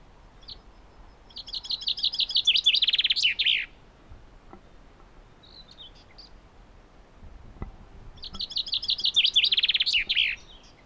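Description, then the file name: Common chaffinch song: two loud descending trilled phrases ending in a flourish, separated by several seconds of quiet with faint chirps. "Fringilla coelebs"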